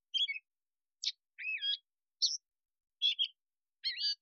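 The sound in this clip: Catbird delivers clipped, varied squeaks and scratchy chirps at short intervals, each phrase distinct from the last.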